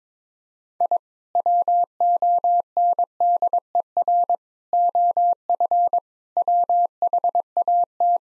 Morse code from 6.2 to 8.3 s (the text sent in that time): WHAT